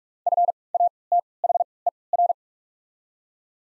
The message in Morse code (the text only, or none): F A T H E R